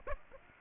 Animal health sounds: mosquito wingbeat signal from an infrared sensor; Aedes aegypti

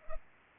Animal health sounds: mosquito wingbeat signal from an infrared sensor; Culex pipiens

